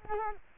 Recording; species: mosquito wingbeat signal from an infrared sensor; Culex quinquefasciatus